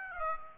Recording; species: mosquito wingbeat signal from an infrared sensor; Aedes aegypti